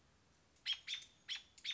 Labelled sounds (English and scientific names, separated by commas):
American Robin (Turdus migratorius)